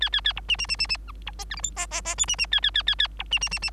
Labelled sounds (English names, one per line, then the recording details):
Bengalese Finch song
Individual Bird3